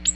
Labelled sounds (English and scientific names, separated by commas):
Ovenbird (Seiurus aurocapilla) flight call